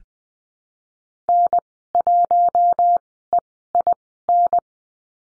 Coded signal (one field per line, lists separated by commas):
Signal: Morse code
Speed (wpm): 20 wpm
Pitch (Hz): 700 Hz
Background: none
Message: N1EIN